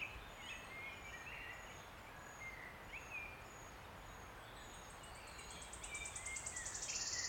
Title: Sound Escape. listen to the cascade of wood warbler song in an ancient oak wood